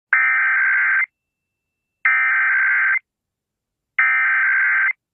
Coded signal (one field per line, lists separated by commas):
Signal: Emergency Alert System (SAME) tones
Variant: header bursts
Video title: 1/3/22 The First Massachusetts Monthly Test Of 2023!! EAS#296